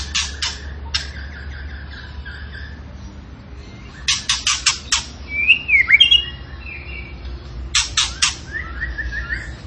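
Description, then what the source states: Zebra finch singing clipped, harsh stacked notes in three bursts, with a brief squeaky twisting whistle between the last two; constant low background hum. Cage bird in vigorous song, used for training other birds to sing.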